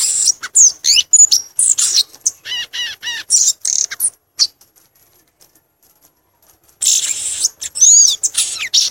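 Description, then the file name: Violaceous euphonia song with rapid high chips and short buzzy phrases, then a near-silent gap of over two seconds before another burst of high notes. "canto do gaturamo verdadeiro"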